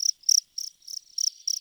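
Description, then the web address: Cricket chirping: six short, high, buzzy pulses repeated about three times a second, steady and even, with nothing else heard. On a prairie during the day, close up. "Soulframe Sounds. Prairie Day Close Cricket"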